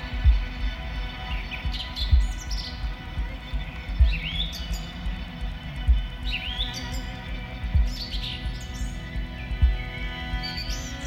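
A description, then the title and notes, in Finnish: Keskusmetsä: short bright bird chirps and twittering calls come every couple of seconds over a steady low rumble. A soft, low thump also repeats at a regular pace, about every two seconds, throughout. Helsingin reitit - Keskusmetsä. Kenttä-äänittämiselle korona-aika tarjosi lentomeluttoman ympäristön. Binauraalisilla tekniikoilla äänitetty Keskusmetsä-teos.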